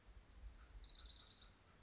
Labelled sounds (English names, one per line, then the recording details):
Orange-crowned Warbler
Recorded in Sonoma County, California